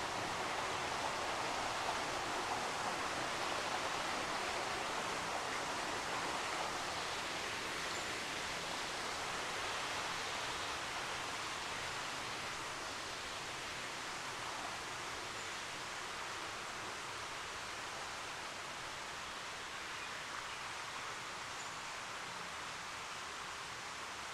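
Creek water rushes steadily through the canyon, a dense unbroken hiss bright in the upper range, holding nearly level for the whole stretch.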